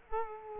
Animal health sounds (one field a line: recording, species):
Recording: mosquito wingbeat signal from an infrared sensor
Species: Culex quinquefasciatus